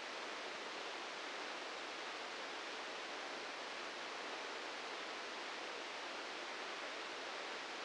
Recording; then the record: brain microelectrode recording played as sound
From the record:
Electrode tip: outside the subthalamic nucleus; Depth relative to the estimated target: -6 mm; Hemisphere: right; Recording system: NeuroSet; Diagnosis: Parkinson's disease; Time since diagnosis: 15 years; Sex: male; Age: 65 years